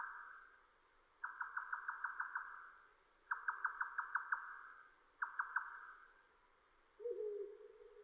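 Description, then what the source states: Grey nightjar song of quick knocking chuck notes in three bursts, the last short, followed by a lower, steadier sound. Recorded 7 May 2005.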